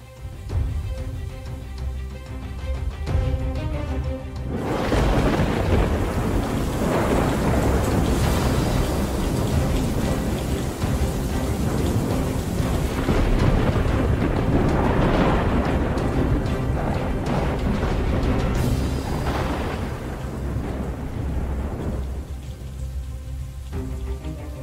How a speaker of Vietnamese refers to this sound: Trên bầu trời, mưa gió sấm sét vẫn cứ đùng đoàng đáng sợ.